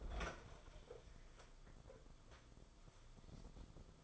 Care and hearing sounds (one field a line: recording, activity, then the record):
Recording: daily activity, microphone in the room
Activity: open fridge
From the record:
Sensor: 5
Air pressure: 994.5 hPa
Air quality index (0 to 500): 190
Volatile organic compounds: 1000 ppm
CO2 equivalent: 5580 ppm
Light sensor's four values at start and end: 47/143/56/61 and 39/122/47/51